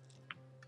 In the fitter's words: and there it clicked